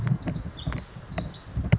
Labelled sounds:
Pacific Wren (Troglodytes pacificus)

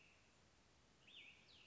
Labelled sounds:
Cassin's Vireo (Vireo cassinii)

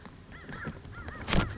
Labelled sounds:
American Crow (Corvus brachyrhynchos)

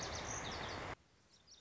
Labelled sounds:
Lazuli Bunting (Passerina amoena)

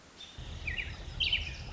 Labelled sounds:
American Robin (Turdus migratorius)

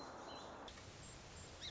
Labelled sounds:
Song Sparrow (Melospiza melodia)

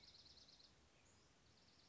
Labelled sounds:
Dark-eyed Junco (Junco hyemalis)

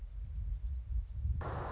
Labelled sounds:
Song Sparrow (Melospiza melodia)

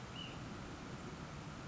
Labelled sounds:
Ash-throated Flycatcher (Myiarchus cinerascens)

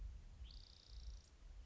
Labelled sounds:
Spotted Towhee (Pipilo maculatus)

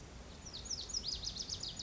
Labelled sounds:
Lazuli Bunting (Passerina amoena)

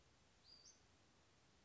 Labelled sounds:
Western Flycatcher (Empidonax difficilis)

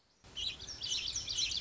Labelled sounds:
Lazuli Bunting (Passerina amoena)

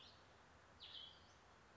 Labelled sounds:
Western Flycatcher (Empidonax difficilis)

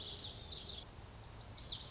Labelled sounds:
Lazuli Bunting (Passerina amoena)

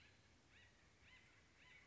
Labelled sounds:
Acorn Woodpecker (Melanerpes formicivorus)

